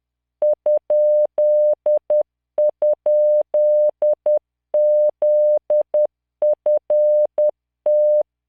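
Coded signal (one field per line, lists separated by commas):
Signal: Morse code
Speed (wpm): 10 wpm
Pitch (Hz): 600 Hz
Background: none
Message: ??ZFT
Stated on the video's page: Software-generated Morse practice with LearningMorse at 10 WPM, 600 Hz tone, standard 3-dot spacing, random 5-character groups.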